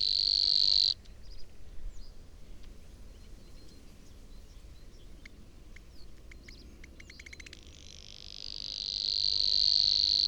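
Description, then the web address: Savi's warbler song: a high buzzy reel stops after about a second, leaving a pause with scattered chirps, then the continuous reeling resumes and builds. "chant didier collin locustelle luscinioide"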